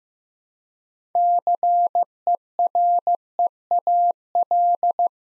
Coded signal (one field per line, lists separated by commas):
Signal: Morse code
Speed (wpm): 15 wpm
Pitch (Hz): 700 Hz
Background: none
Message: CEREAL